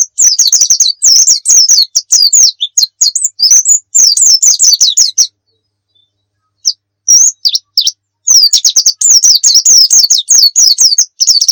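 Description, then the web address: White-eye delivering bursts of fast, high, jumbled twittering song broken by short silent gaps. Muria-type white-eye, used as a masteran (training song) for white-eyes. "pleci muria. masteran pleci"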